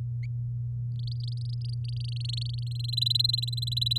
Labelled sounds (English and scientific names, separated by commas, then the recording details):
Domestic Canary (Serinus canaria) song
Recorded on 10 May 2018 at 15:47
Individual llb16